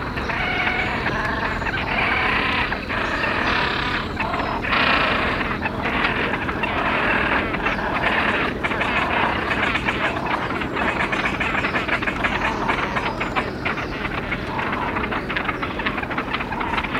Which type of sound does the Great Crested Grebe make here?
call